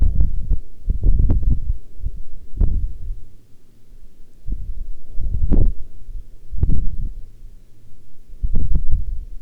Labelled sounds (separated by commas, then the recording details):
wind
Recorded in the Arctic National Wildlife Refuge, Alaska, on 9 August 2019 at 11:03
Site 40